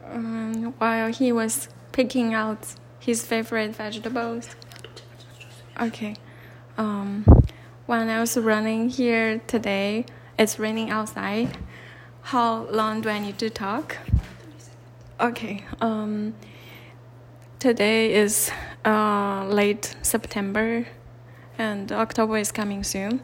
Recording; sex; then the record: free speech after running; female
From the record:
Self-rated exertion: light exertion (2 of 6); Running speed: 5 miles an hour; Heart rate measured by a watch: 91 beats a minute at the start, 89 at the end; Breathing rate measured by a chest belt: 16 breaths a minute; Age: 30 years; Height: 160 cm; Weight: 51 kg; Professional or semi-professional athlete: no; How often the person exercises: 3 to 5 times a week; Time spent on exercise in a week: over 5 hours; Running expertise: no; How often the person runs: 3 to 5 times a week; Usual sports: running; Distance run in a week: 60 km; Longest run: 42 km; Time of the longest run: 267 minutes